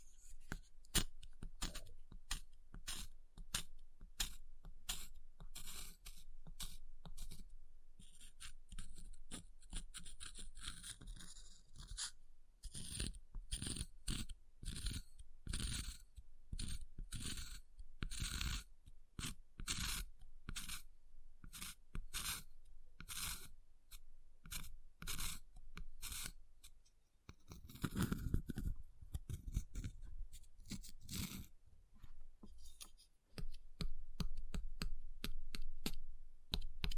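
Ice is tapped, scratched and carved in a dense run of sharp, crisp strokes, each a bright, gritty burst that cuts off quickly. The rhythm is quick but uneven, with brief pauses near 12 and 33 seconds and a heavier, rougher scrape around 28 seconds.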